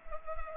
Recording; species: mosquito wingbeat signal from an infrared sensor; Culex pipiens